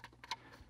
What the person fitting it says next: Now it's locked into place.